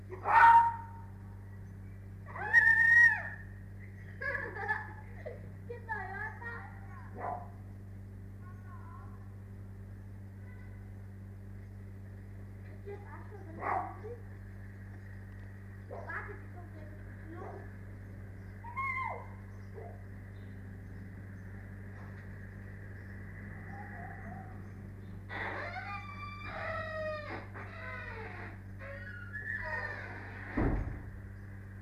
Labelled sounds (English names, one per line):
Arctic Fox